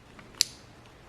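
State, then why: Seated. A wire terminal is slid into a multi-pin gauge cluster connector housing and pushed all the way in. A faint tick at 0.2 s is followed by a sharp, bright click at 0.4 s. The click confirms the terminal is seated.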